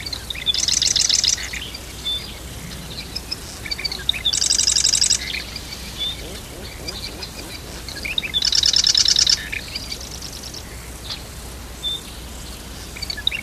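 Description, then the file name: Marsh wren singing: dry, mechanical rattles of rapid high notes, repeated about every four seconds, with softer chattering phrases between them against constant hiss. Recorded in Dorchester County, Maryland, in July 2009. "Marsh Wren Dorchester Co MD"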